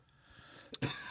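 A brief, faint throaty burst is followed a tenth of a second later by a louder, harsher explosive one. It is a short double cough from an adult who has just taken a big hit from a vape pen, in a small quiet room.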